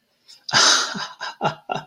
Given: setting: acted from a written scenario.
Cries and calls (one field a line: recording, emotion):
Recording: vocal sound without words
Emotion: romantic love